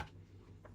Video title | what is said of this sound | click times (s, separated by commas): First Print With Our Ciss For Epson XP-15000, 15010, 15080 | and you feel it click into place. | 0.7 s